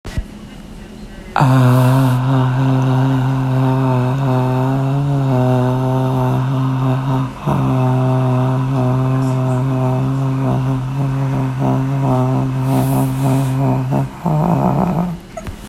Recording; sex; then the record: sustained vowel /a/; female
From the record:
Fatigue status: fatigue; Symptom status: symptomatic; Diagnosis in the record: COVID-19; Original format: m4a